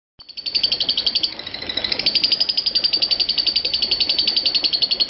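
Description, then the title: Lovebird starting abruptly into a shrill, rapid chattering trill of high pulsed notes that continues steadily to the end. "Lovebird Konslet"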